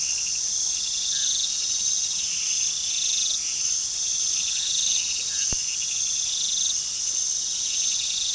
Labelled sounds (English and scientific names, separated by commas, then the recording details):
none
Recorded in pastures near Puerto Asís, Putumayo, Colombia, on 18 February 2024 at 00:00
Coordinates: 0.468, -76.328
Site G6414